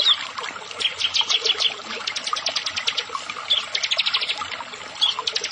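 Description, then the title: Prinia singing in several bursts of rapid, high, ticking notes, with short pauses between runs and a thin squeaky note now and then, over soft background hiss. "Ciblek Sawah"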